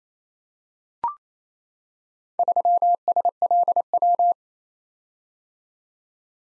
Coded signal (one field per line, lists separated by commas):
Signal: Morse code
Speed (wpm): 27 wpm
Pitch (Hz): 700 Hz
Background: none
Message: 3SLW